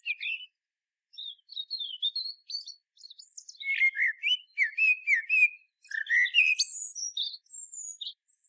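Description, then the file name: Common blackbird singing: soft high twittering, then mellow fluted warbling phrases, closing with thin squeaky high notes. "Turdus merula"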